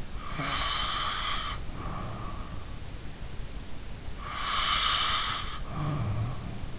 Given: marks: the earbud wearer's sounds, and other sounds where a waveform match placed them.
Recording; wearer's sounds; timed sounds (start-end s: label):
sounds in sleep by an in-ear microphone; snoring breath
0.24-2.68 s: snoring breath
4.18-6.79 s: snoring breath